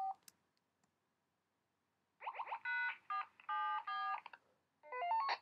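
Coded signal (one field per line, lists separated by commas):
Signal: DTMF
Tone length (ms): 260 ms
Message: #474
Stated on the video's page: Ham repeaters heard on the 1.25 m and 70 cm bands, including a simplex repeater and a linked repeater system on 145.310, 147.360, 224.160, 443.875 and 927.0125 MHz.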